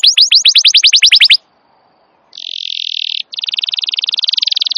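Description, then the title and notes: Canary song of rapid descending whistled notes, a pause, then a steady buzzy trill broken briefly before continuing as a fast rattle. Wild canary song, described as long and vigorous, used as a master recording to lure or train canaries. "Pikat Kenari GACOR PANJANG INI Cocok Untuk Masteran KENARI LIAR. Masteran burung kenari gacor parah"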